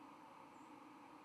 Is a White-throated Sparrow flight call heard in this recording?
yes